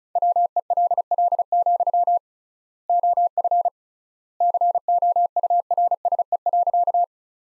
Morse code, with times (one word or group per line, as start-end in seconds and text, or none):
0.2-2.2 WELL,
2.9-3.7 OF
4.4-7.0 COURSE.